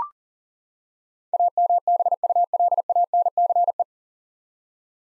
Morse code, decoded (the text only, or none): AMBULANCE